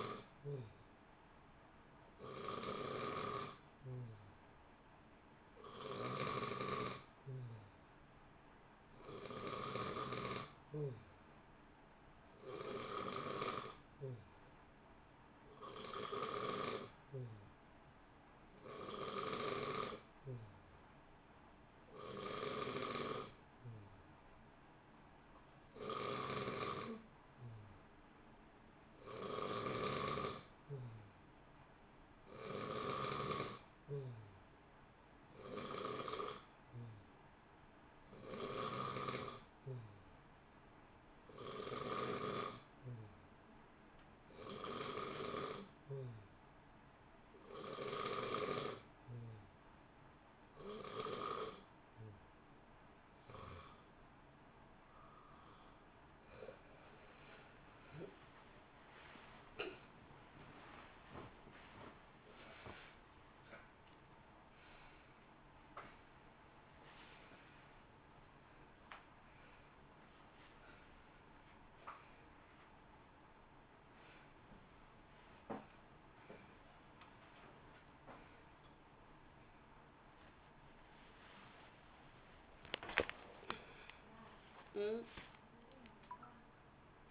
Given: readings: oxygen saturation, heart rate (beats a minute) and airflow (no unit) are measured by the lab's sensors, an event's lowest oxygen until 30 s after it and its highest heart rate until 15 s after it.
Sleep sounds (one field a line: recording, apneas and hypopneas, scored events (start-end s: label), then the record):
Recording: breathing in sleep by a voice recorder at the bedside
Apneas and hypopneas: 1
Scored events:
42.00-58.70 s: hypopnea (N2, oxygen 91% highest, then 90% lowest, heart rate 67 at the start, 89 highest)
53.00-87.11 s: new sleep stage, awake
56.00-87.11 s: awake
From the record:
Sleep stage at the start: N2 (light sleep)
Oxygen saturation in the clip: 90 to 93%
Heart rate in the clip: 64 to 89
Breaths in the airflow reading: 29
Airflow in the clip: -4.1 to 4.9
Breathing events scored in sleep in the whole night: 328 in 6.3 hours asleep